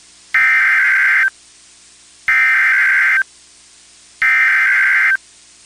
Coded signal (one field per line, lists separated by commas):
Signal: Emergency Alert System (SAME) tones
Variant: header bursts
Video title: WWG83 LMK Winter Storm Warning EAS #56 (1/22/26)